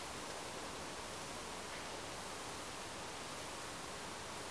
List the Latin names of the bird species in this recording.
none